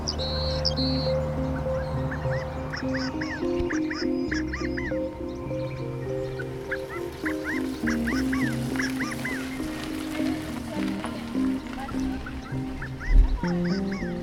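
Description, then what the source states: California quail: several bursts of short arched notes, a few higher notes at the start, over low, shifting background music. Heard right along a main lower trail in the foothills of a reserve in Boise, Idaho.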